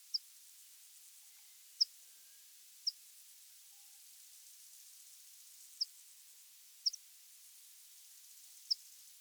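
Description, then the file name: Meadow Pipit calls: six thin, high, squeaky notes at irregular intervals, one to three seconds apart, over faint steady background noise. "Anthus pratensis - Meadow Pipit"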